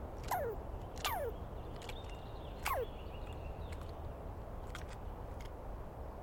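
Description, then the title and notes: Douglas squirrel giving three clear descending screeches, with a faint bird note and scattered clicks in the background. Wild squirrel screaming at length at dawn on 21 April 2017 in the East Cascades; identified by its sound, not seen well. "Interview With The Chipmunk. On the morning of 21 April, 2017, I set up my microphones and recorder for a nice dawn recording in the East Cascades. I was started awake by a screaming Douglas Pine Squirrel"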